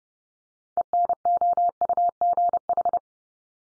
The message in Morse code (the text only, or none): ENOUGH